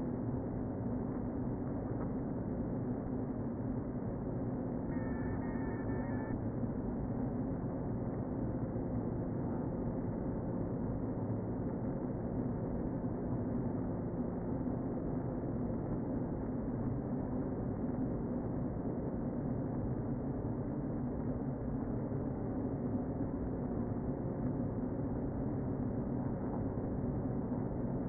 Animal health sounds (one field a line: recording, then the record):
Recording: honeybee colony, microphone inside the hive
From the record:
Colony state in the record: queen present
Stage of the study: before two queens were removed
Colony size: about 60,000 bees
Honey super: yes